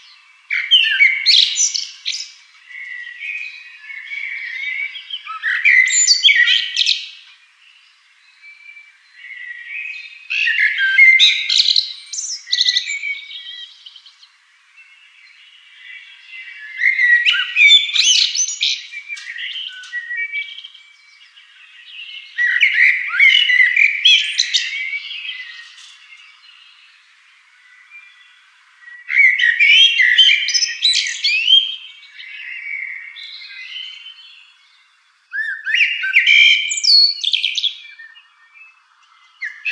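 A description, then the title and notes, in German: Songs and calls of native birds come in bright, busy bursts every few seconds, each phrase a quick tumble of chirps separated by brief quiet. Gesänge und Rufe heimischer Vogelarten (Unsere heimische Vogelwelt 1) Hörbuch von Karl Heinz Dingler.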